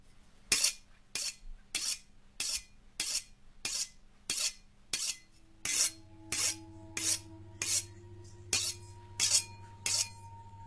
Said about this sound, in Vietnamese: Cầm con dao bầu trên tay, liếc liếc qua cái cục đá mài, mắt của ông Đông đanh lại.